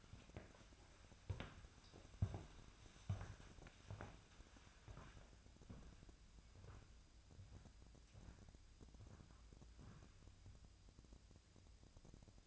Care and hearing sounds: daily activity, microphone in the room; walk to room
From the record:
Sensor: 2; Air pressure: 999.8 hPa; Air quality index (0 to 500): 119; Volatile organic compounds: 2 ppm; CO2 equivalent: 1026 ppm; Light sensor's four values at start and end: 33/78/35/39 and 34/79/36/40

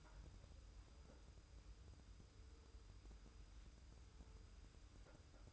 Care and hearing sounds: daily activity, microphone in the room; wipe stove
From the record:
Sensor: 2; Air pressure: 990.4 hPa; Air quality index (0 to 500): 195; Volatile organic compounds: 1000 ppm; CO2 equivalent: 6229 ppm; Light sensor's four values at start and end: 33/78/32/32 and 33/78/32/32

